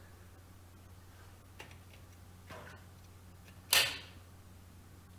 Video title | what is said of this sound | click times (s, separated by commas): How to remove a Venetian Blind - Hillarys Venetian Blind Removal and Refit | there you go that is now locked into place | 3.7 s